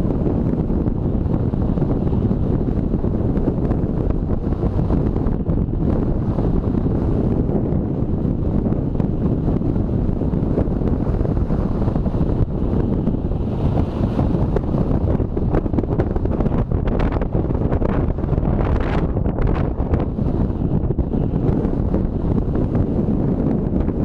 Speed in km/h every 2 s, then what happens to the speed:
22, 21, 21, 22, 23, 23, 23, 23, 24, 24, 24, 24.
0-24 steady at about 23.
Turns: none.